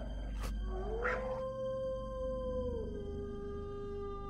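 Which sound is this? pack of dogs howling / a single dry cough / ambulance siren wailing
pack of dogs howling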